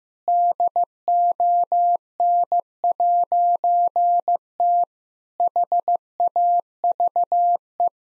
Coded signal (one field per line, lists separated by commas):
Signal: Morse code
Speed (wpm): 15 wpm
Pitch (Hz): 700 Hz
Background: none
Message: DON'T HAVE